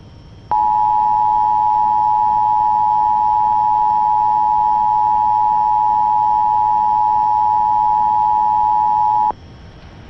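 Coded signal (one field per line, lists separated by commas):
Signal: Emergency Alert System (SAME) tones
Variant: 853 and 960 Hz attention tone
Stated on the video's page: Regional child abduction emergency alert issued by civil authorities, from CAP.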